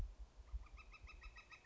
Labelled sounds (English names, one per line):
Northern Flicker